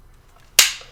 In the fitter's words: So, you could just lock into place, so on so forth.